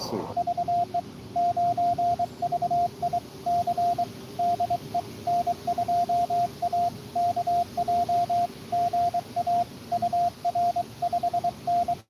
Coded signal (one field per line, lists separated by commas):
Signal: Morse code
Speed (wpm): 23 wpm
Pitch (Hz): 700 Hz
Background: radio noise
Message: VE9VIC DE N2AKJ GA UR 5N